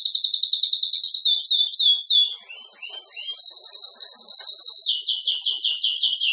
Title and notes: Canário Belga Campainha Canary Singing. Canario Belga Cantando